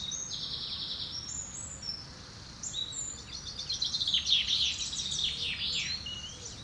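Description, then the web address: Bird song, a steady high trill followed by short high phrases, then a busier burst of chirps. Woodland birds. "Birds, Insects Animals - Birds woodland"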